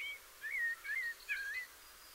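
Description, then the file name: Common blackbird giving a brief run of smooth, looping fluty whistles, rising and falling over about a second and a half. "Turdus merula"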